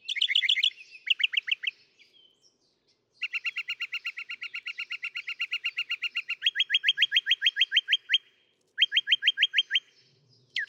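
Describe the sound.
Northern mockingbird song: varied phrases, including rapid chattering bursts, a long fast even trill, and a run of upswept whistled notes.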